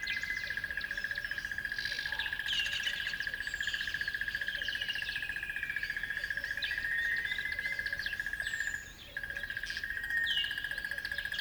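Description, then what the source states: Birds singing in a mixed chorus of whistles, slurred notes and chirps, over a pulsing high drone that drops out briefly near the end. At dawn on a river bed.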